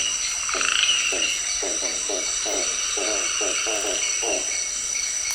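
Manus hawk-owl calling, a quick run of about nine short, low, hoarse notes at an even pace, over a steady high insect hiss.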